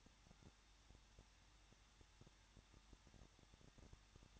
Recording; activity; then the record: daily activity, microphone in the room; no activity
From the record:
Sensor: 3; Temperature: 21.2 degrees Celsius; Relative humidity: 36.3%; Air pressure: 1006.2 hPa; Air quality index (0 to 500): 221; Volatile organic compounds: 41 ppm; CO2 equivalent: 3160 ppm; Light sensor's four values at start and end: 2/3/2/2 and 2/3/2/2